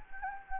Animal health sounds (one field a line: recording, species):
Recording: mosquito wingbeat signal from an infrared sensor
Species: Anopheles gambiae